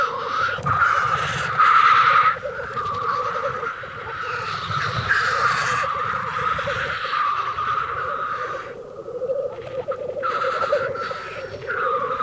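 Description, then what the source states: Black grouse lek song, continuous bubbling low rookooing with overlapping wheezy hisses and rough rushing bursts throughout. Field recording from Finland, released on cassette in 1988 in a countryside birds collection; Finnish name teeri.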